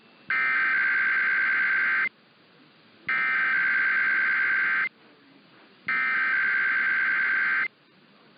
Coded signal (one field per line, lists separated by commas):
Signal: Emergency Alert System (SAME) tones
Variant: header bursts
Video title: Easter Weekend Weekly Tests (EAS #17235-17240) 3/30-31/24